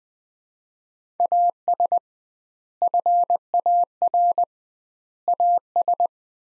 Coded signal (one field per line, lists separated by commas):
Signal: Morse code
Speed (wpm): 20 wpm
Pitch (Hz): 700 Hz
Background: none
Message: AS FAR AS